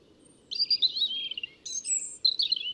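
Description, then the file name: European robin song: three high, liquid phrases, with a brief pause between the first and second. "Erithacus rubecula"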